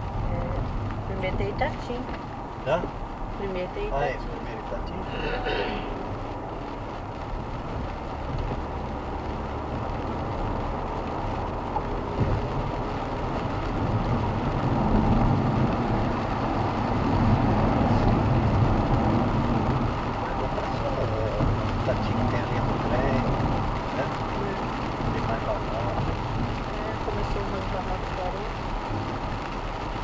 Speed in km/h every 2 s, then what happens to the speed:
71, 69, 74, 77, 84, 94, 100, 103, 104, 103, 102, 100, 97, 95, 91.
0-14 speeds up to 103. 14-19 steady at about 103. 19-30 slows to 91.